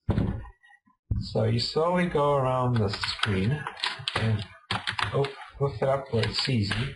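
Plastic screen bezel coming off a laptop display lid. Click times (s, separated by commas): 0.1 s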